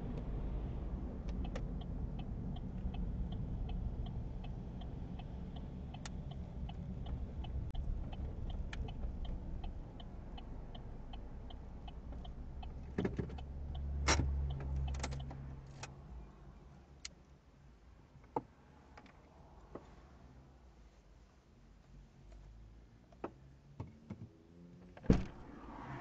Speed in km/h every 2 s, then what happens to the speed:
45, 45, 43, 27, 19, 16, 9, 2, 0, 0, 0, 0, 0.
4-14 brakes to 2. 14-26 standing.